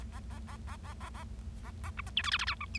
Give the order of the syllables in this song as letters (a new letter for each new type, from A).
A A A A A A A A A A B C D E F F G H I